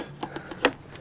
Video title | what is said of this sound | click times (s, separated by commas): SW-MOTECH Panniers - A Closer Look | clicks into place and the left one exactly the same on the left hand side | 0.7 s